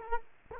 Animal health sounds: mosquito wingbeat signal from an infrared sensor; Culex quinquefasciatus

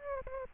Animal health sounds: mosquito wingbeat signal from an infrared sensor; Aedes aegypti

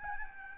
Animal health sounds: mosquito wingbeat signal from an infrared sensor; Aedes albopictus

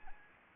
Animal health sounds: mosquito wingbeat signal from an infrared sensor; Anopheles arabiensis

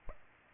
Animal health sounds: mosquito wingbeat signal from an infrared sensor; Aedes aegypti

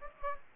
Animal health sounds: mosquito wingbeat signal from an infrared sensor; Aedes aegypti

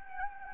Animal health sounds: mosquito wingbeat signal from an infrared sensor; Anopheles gambiae

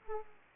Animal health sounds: mosquito wingbeat signal from an infrared sensor; Aedes aegypti

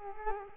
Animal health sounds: mosquito wingbeat signal from an infrared sensor; Culex quinquefasciatus

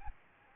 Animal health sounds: mosquito wingbeat signal from an infrared sensor; Aedes albopictus

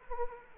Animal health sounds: mosquito wingbeat signal from an infrared sensor; Culex quinquefasciatus

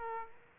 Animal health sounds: mosquito wingbeat signal from an infrared sensor; Aedes aegypti

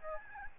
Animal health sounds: mosquito wingbeat signal from an infrared sensor; Aedes albopictus

